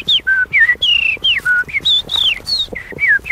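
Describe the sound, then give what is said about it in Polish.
A person whistles a fluid, melodic phrase imitating a blackbird's song, with a quick series of sliding, warbling notes rising and falling in pitch, loud and unaccompanied. “Kosy lubią ze mną bardzo często rozmawiać.”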